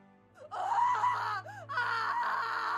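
A woman's loud scream, a high, wavering cry that breaks off briefly partway through and then surges again, sustained and strained, with no talking.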